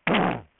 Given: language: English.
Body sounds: throat vibration sensor signal played as sound; throat clearing

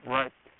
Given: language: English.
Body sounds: throat vibration sensor signal played as sound; speech

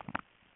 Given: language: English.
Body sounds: throat vibration sensor signal played as sound; swallow

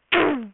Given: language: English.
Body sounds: throat vibration sensor signal played as sound; throat clearing

